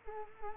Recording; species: mosquito wingbeat signal from an infrared sensor; Culex quinquefasciatus